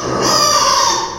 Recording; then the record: squeal of a Yucatan mini pig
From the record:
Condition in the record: before surgery on the right vocal fold (resection and tissue-engineered implant); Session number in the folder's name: 1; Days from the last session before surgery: -3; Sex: male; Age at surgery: 12 weeks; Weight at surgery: 13 kg